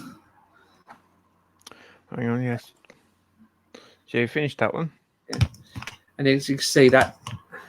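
Someone talks while handling the spring-loaded plastic and metal shoulder joint on the right shoulder of a model Terminator robot arm, with a few faint handling ticks between the speech. The joint has not yet snapped into its locked position, and nothing has seated or clicked yet.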